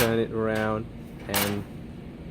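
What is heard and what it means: Someone talks while handling the adjusting collar on a vending machine product spiral, which is pulled outward and turned to one of its 12 positions so it can be released to spring back and lock into place. Only speech and faint handling noise are heard, and nothing has seated or locked yet.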